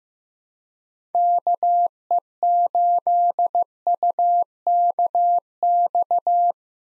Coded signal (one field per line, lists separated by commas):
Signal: Morse code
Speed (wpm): 15 wpm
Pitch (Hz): 700 Hz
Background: none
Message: KE8UKX